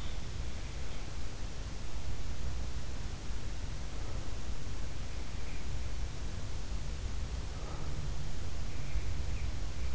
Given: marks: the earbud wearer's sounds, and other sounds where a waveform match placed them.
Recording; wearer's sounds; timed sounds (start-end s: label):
sounds in sleep by an in-ear microphone; breath
0.00-0.81 s: breath
7.45-8.07 s: breath